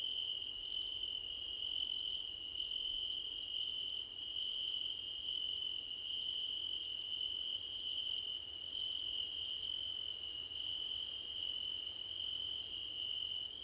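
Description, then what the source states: Crickets in chorus give a constant high ringing trill, with fainter pulsed chirps above it. Crickets in a choir competition.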